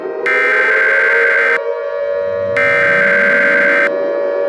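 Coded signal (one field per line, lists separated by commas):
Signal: Emergency Alert System (SAME) tones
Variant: header bursts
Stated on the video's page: Fictional EAS scenario.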